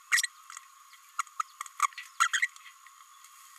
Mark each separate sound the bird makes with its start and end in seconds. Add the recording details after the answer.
1.18-1.23, 1.39-1.43, 1.82-1.87, 2.20-2.28, 2.33-2.49. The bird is a female. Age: 29 days. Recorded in a nest box in Venezuela. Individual 17B32A5